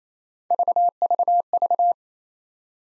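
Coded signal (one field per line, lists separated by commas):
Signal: none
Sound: three separator beeps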